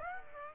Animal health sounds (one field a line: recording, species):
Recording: mosquito wingbeat signal from an infrared sensor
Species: Aedes aegypti